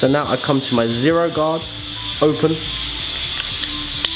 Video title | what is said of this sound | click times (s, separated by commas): Barbering 101 -- Episode 4: Starting a fade | myself oh you can hear that click so make sure this in place spring that open on | 3.4 s, 4.0 s